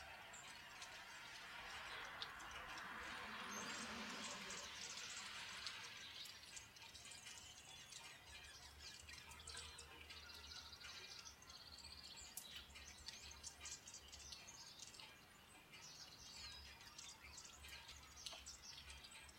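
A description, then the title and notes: Birds call over a steady wash of rain, with a dense patch of bright chirping and squawks in the first six seconds, then scattered quick calls through the rest. A low rumble hums underneath, growing more noticeable after eight seconds. Birds and Rain, sounds of Nature.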